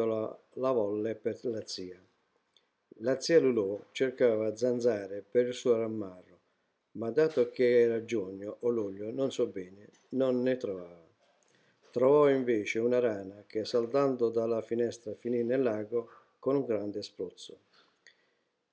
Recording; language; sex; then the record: read passage; Italian; male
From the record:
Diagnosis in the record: healthy control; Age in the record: 68 years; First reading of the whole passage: 59 s, 8.4 characters per second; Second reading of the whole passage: 56 s, 8.8 characters per second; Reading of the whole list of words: 34 s, 8.3 characters per second